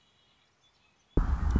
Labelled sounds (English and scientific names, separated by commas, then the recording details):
Red-winged Blackbird (Agelaius phoeniceus)
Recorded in Sonoma County, California